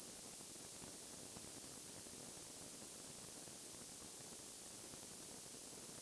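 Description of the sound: Simulated tinnitus: a steady, broadband hiss like static or white noise, with most of its energy in the high frequencies and little low-frequency content, holding constant throughout.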